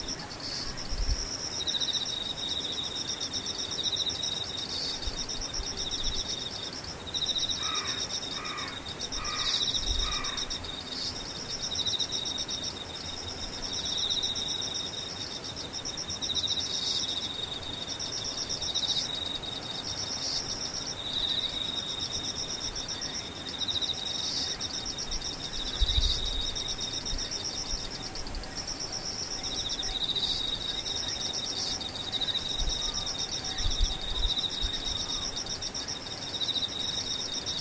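Insects trill without a break, a bright, steady stridulation made of fast repeating pulses in several high layers. A short series of quick chirps, likely a bird, appears around eight seconds, and a few dull low thumps land near the start, ten and twenty-six seconds.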